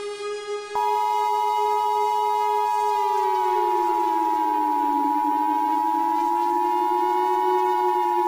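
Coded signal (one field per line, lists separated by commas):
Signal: Emergency Alert System (SAME) tones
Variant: 853 and 960 Hz attention tone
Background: music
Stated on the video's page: Fictional EAS scenario with valid tones.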